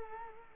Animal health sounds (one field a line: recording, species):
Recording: mosquito wingbeat signal from an infrared sensor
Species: Culex quinquefasciatus